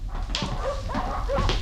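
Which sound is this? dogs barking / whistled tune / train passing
dogs barking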